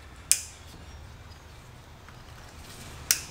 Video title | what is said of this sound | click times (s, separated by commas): How To Replace Toyota Camry Spark Plugs & Ignition Coils (2010-2017) | you want to make sure whenever you push it on you hear the click and | 0.3 s, 3.1 s